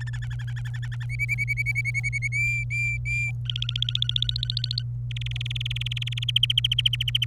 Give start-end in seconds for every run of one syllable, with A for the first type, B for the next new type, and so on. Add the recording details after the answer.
0.00-0.10 A, 0.13-1.06 B, 1.09-2.28 C, 2.32-3.31 D, 3.45-4.83 E, 5.11-6.24 F, 6.28-7.25 G. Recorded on 27 April 2018 at 14:45. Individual llb3